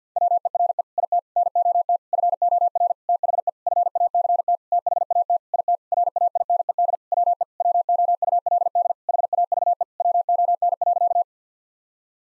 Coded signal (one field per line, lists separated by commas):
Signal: Morse code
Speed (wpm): 50 wpm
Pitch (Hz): 700 Hz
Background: none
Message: WERE IT NOT FOR THE FACT THAT IT RAINED WE WOULD HAVE WON.